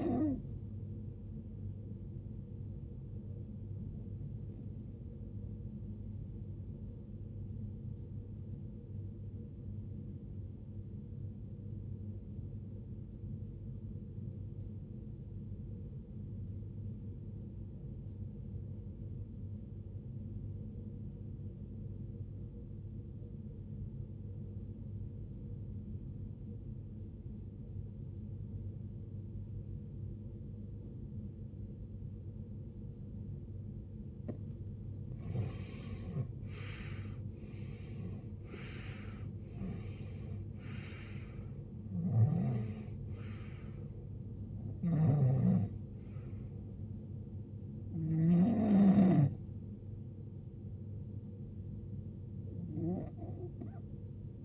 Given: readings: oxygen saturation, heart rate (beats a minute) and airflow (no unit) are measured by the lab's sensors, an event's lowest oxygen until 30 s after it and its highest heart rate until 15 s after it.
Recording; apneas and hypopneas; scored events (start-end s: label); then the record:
breathing in sleep by a smartphone at the bedside; 1
8.00-36.90 s: obstructive apnea (REM, oxygen 92% highest, then 79% lowest, heart rate 57 at the start, 84 highest)
From the record:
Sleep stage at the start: REM sleep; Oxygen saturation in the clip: 80 to 92%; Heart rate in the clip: 45 to 84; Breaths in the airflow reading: 6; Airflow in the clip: -21.5 to 21.9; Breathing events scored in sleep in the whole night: 389 in 6.3 hours asleep